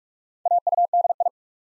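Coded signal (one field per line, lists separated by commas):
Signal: Morse code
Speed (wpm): 44 wpm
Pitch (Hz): 700 Hz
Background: none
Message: AUDI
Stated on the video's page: Morse practice at 45 wpm, building 8-letter words two letters at a time for instant character recognition.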